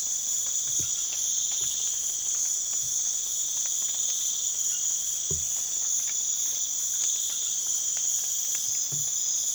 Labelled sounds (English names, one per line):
none